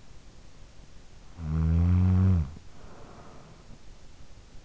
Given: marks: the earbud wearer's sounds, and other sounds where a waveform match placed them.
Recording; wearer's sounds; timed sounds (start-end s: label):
sounds in sleep by an in-ear microphone; snoring breath
1.12-3.93 s: snoring breath